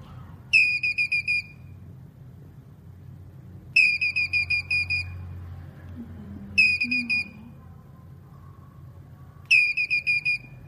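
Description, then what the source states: Squirrel chattering in bright high staccato bursts, four series about three seconds apart, faint low sounds beneath. Male squirrel calling.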